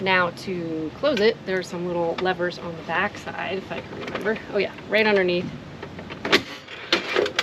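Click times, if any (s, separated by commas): 7.4 s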